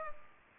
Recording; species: mosquito wingbeat signal from an infrared sensor; Aedes aegypti